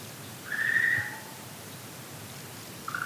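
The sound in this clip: Okinawa green tree frog giving a drawn-out, mid-pitched tonal call lasting under a second, with another call starting at the very end; quiet background otherwise.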